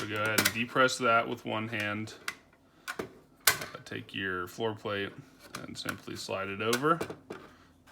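A polymer floor plate is slid onto the bottom of a black Magpul PMAG 30-round Gen M2 rifle magazine body with a window, over a locking plate held depressed with one hand. Someone talks over soft plastic handling noises, with a sharp tap near 3.5 s. Nothing has clicked or seated yet, so the floor plate is not home by the end.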